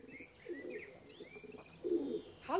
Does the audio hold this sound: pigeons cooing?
yes